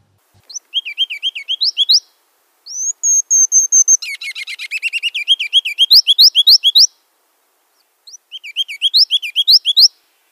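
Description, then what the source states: Ruby-crowned Kinglet singing high, wiry notes, a brief steady whistle, then loud bouncing doubled phrases; a shorter burst follows after a silent gap. Male singing, mystery sound replayed; the song ends with a double-noted call.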